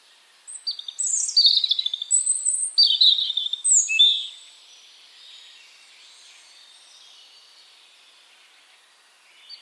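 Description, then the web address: European robin delivering a rich phrase of jumping high whistles and fast trills for a few seconds, followed by near silence. "cianscape birddata Deverinetal 2025 File origin Bird Only Er Ru"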